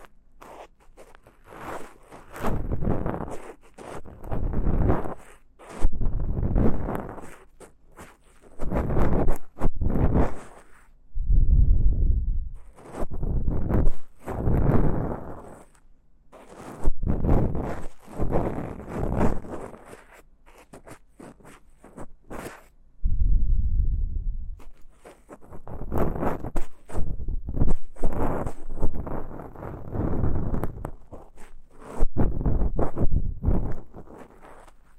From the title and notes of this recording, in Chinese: ASMR×KU100。掏耳．梵天．馬尾絲。Deep Ear Cleaning。